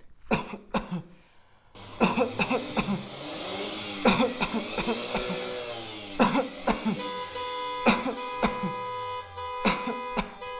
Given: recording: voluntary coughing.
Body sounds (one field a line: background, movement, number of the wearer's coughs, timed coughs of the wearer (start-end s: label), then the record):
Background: traffic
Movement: sitting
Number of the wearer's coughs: 15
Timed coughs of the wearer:
0.29-0.65 s: cough
0.72-1.05 s: cough
1.98-2.29 s: cough
2.36-2.67 s: cough
2.74-3.03 s: cough
4.02-4.31 s: cough
4.39-4.66 s: cough
4.66-5.03 s: cough
5.12-5.41 s: cough
6.17-6.56 s: cough
6.65-6.98 s: cough
7.83-8.14 s: cough
8.40-8.78 s: cough
9.62-10.05 s: cough
10.14-10.46 s: cough
From the record:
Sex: male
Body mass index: 20.6 kg/m2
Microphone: on the chest, facing outward